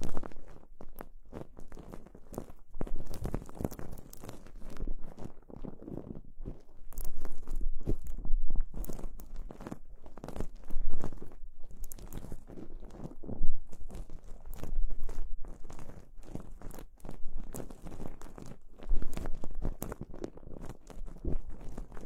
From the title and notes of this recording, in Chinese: 掏耳朵。